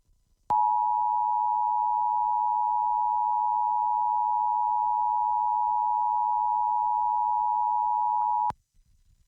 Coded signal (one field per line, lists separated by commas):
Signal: Emergency Alert System (SAME) tones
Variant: 853 and 960 Hz attention tone